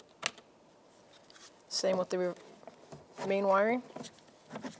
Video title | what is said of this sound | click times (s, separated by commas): How to Replace Power Window & Door Lock Switch 2008-2012 Jeep Liberty | We're going to line that up till it clicks, push it in. | 0.3 s